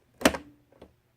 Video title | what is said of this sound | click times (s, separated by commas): Singer Quantum XL 100 Project 1 Video 1 | flat and then push until it clicks there we go and so it is clicked in | 0.3 s